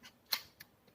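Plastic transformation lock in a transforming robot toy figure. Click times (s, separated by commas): 0.3 s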